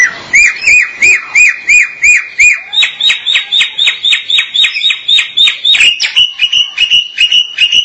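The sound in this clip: Starling calling in a steady series of many short whistled notes, first one note type, then shifting to another and a third.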